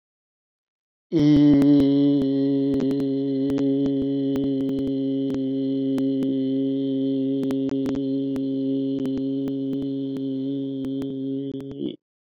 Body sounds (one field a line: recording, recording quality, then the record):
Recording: sustained vowel as in beet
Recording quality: moderate, slight background noise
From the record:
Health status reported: healthy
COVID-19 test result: negative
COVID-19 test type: RT-PCR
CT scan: not taken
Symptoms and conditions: none ticked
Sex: male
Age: 37 years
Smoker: no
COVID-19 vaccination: both doses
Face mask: not worn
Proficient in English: yes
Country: India